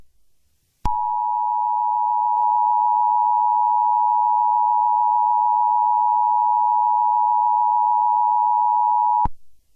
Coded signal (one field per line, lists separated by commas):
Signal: Emergency Alert System (SAME) tones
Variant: 853 and 960 Hz attention tone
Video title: EAS scenario 6 (Easter special): The Easter bunny killer